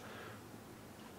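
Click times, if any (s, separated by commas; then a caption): none. A plastic power switch for an HPI Baja 5SC SS RC car is slid down into its switch mount on the radio box. Only a steady, low background hiss is heard, and nothing has clicked or seated yet. The switch's locking tab fails to drop into place because switches come in different heights.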